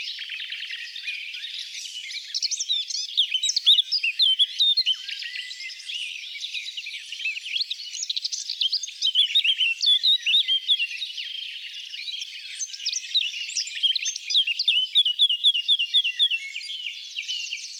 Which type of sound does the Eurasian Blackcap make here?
song